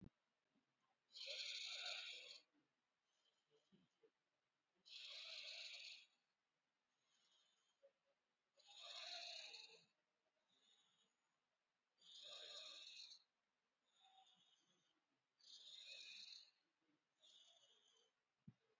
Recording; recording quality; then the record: deep breathing; excellent, no background noise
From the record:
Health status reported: COVID-19 positive, moderate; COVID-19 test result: positive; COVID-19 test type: RT-PCR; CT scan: not taken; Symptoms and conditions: cold, sore throat, loss of smell and taste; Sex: male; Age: 45 years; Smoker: yes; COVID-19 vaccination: one dose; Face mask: worn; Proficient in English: yes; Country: India